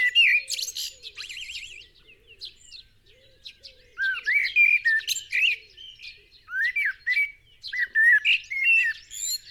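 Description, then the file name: Common blackbird song, rich whistled phrases with rising and falling notes repeated in bursts, backed by busy high chirping and faint low cooing. "Turdus merula"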